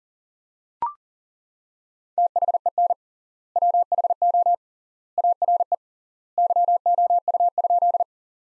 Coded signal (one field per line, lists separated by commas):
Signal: Morse code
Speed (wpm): 40 wpm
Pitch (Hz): 700 Hz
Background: none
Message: THEN WHO ARE YOU?